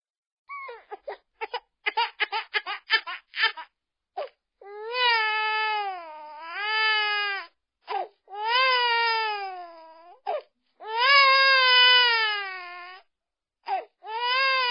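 A string of short, choppy whimpers gives way to four long, high-pitched wails, each sliding up and down in pitch with brief gasps between them. This is a typical vigorous infant cry in a quiet setting.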